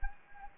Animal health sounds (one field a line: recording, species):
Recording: mosquito wingbeat signal from an infrared sensor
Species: Anopheles gambiae